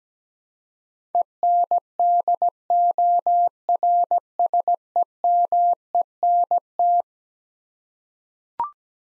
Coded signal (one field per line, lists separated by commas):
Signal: Morse code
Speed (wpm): 17 wpm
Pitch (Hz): 700 Hz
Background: none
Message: ENDORSEMENT